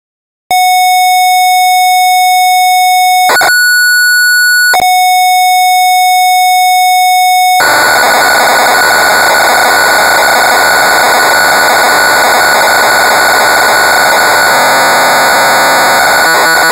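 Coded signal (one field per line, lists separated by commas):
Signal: computer data on cassette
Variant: Amstrad CPC 464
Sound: steady pitched lead tone, brief higher tone, then loud harsh buzzing data screech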